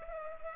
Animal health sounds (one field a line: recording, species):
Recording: mosquito wingbeat signal from an infrared sensor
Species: Culex pipiens